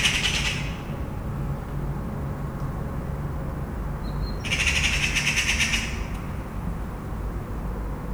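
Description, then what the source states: Eurasian magpie chattering: two harsh, rapid rattling bursts, the second longer, over a steady low traffic rumble. Magpies chattering in a town, out in nature.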